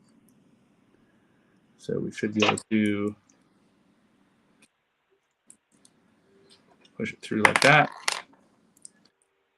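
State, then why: Seated. A lock component is pushed through its lock housing and then turned so it locks into place, ready for a C clip to be fitted. Someone talks over faint handling ticks, and a sharp click at 8.8 s marks the part seating and locking.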